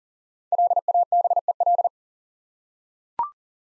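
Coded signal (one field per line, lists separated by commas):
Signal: Morse code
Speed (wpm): 38 wpm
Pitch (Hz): 700 Hz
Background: none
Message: LABEL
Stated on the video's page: Morse practice at 40 wpm: five-letter words sent twice for head-copy training.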